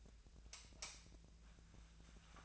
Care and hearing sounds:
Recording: daily activity, microphone in the room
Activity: light off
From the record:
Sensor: 2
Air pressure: 1009.7 hPa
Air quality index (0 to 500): 181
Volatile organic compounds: 10 ppm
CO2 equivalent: 2254 ppm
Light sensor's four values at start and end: 32/83/35/37 and 26/65/28/31

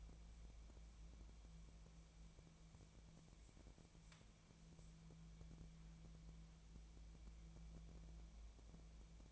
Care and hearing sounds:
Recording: daily activity, microphone in the room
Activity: wipe stove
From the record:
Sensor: 1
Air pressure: 1000.5 hPa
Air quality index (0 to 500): 182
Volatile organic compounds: 4 ppm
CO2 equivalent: 1673 ppm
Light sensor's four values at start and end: 13/30/13/15 and 13/30/13/14

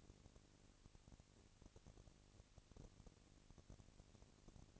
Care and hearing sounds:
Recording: daily activity, microphone in the room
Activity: no activity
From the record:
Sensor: 4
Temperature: 22.4 degrees Celsius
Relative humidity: 31.9%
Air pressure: 998.0 hPa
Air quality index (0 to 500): 203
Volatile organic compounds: 17 ppm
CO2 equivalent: 2570 ppm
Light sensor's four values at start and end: 2/3/1/1 and 2/3/1/1

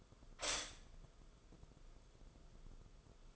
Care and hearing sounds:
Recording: daily activity, microphone in the room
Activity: stop toaster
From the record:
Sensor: 5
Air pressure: 994.5 hPa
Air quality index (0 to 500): 185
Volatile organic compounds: 1000 ppm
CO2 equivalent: 5423 ppm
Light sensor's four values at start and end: 43/132/52/57 and 43/132/52/57

